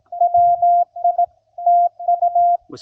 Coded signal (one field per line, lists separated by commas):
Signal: Morse code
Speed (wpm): 19 wpm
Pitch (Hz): 700 Hz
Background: none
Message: WI TU